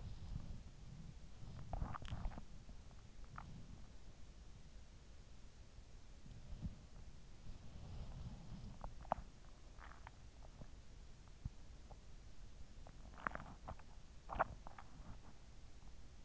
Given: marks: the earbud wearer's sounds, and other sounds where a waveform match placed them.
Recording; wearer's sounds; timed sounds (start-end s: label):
sounds in sleep by an in-ear microphone; body movement
0.00-16.25 s: body movement